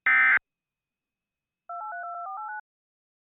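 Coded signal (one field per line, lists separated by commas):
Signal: DTMF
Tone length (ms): 130 ms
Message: 2832489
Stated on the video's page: Fictional mock EAS alert about a creature based on Minecraft's Breeze.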